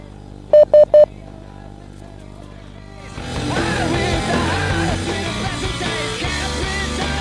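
Three quick, evenly spaced telephone keypad beeps, bright and fairly loud, sound alone as a phone call is placed to a caller; after a short pause a dense, noisy wash of sound takes over.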